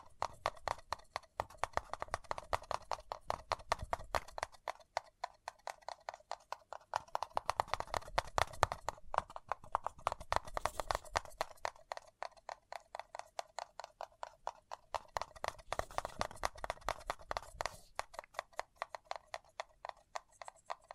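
Fingertips tap and scratch on a paper cup in a fast, steady run of crisp clicks that carry on for the whole stretch. The taps come in dense bursts with brief thinner gaps near 5, 12 and 18 seconds, and a soft low rumble sometimes sits underneath.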